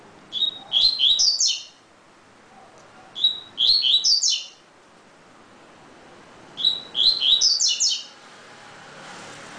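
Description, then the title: Double-collared seedeater with three similar phrases, each a whistled opening note followed by a fast cluster of bright slurred notes, spaced roughly three seconds apart; faint hiss at the end. "Canto Coleiro"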